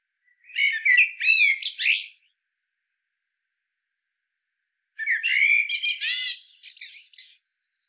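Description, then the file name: Common blackbird singing two phrases about four seconds apart, each a brief rich warble followed by high scratchy twittering. "Turdus merula"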